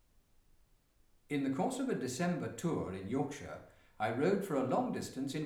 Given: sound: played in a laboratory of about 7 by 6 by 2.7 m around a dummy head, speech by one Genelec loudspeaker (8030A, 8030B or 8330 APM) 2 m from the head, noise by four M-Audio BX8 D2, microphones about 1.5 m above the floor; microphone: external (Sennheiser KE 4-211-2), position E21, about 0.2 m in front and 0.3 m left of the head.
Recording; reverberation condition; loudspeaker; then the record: male speech in English; medium; 30 degrees to the left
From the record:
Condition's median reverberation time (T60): about 510 ms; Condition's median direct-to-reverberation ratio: about -0.5 dB